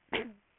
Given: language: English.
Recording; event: throat vibration sensor signal played as sound; cough